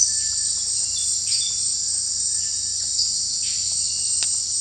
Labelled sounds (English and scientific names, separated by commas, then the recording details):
Cinereous Tinamou (Crypturellus cinereus)
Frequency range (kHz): Cinereous Tinamou (Crypturellus cinereus) 1.0-2.5 kHz
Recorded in dense forest near Puerto Asís, Putumayo, Colombia, on 21 March 2025 at 18:00
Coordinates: 0.484, -76.317
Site G064